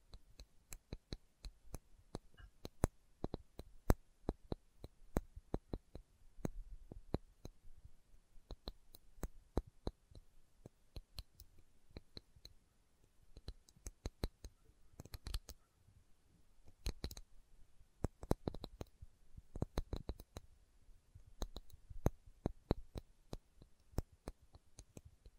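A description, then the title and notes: Slow tapping plays out as a long series of sharp, dry clicks, each one brief and crisp from low to very bright. The taps come unevenly, sometimes singly with pauses and sometimes in quick clusters of two or three, against a quiet, faintly hissing background. ASMR Slow Tapping for Deep Sleep (No Talking).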